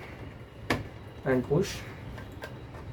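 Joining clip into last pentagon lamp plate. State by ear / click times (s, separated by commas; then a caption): seated / 0.7 s. A joining clip is aligned and pushed into the last plate of a pentagon lamp, giving a sharp click at 0.7 s that shows it is inserted completely. Someone talks afterward.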